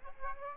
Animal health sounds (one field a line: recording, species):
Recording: mosquito wingbeat signal from an infrared sensor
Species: Aedes aegypti